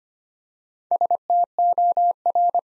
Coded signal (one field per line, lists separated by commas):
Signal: Morse code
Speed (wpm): 25 wpm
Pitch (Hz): 700 Hz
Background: none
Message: STOR